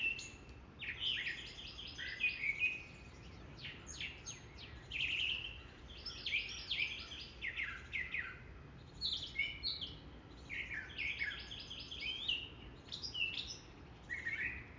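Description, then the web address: Mockingbird singing a varied medley of rapid repeated notes, rattles and sweeping whistles, phrases changing every second or two, over faint background noise. "hermanr. Mocking Bird"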